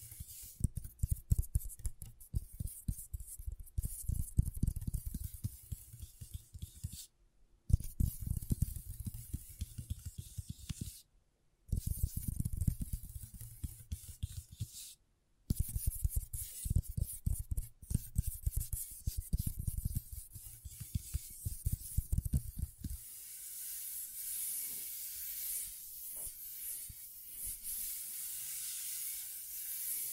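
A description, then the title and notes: Scratchboard being worked: quick, dense scratching strokes with a dull low thud under each, broken by brief silences near 7, 11 and 15 seconds. From about 23 seconds the scratching stops, leaving a steady, quieter bright hiss. ASMR Brain Tingling Scratchboard (No Talking).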